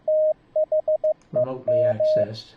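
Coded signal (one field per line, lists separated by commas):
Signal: Morse code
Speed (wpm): 15 wpm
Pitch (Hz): 620 Hz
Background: speech, radio noise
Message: THEM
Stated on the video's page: CW ebook practice from an iCW eBook keyer, streamed through a Raspberry Pi's USB sound card to a Mumble iCW server.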